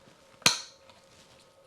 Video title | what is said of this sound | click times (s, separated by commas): The ARCA Grip - How it Works | and it just pops | 0.5 s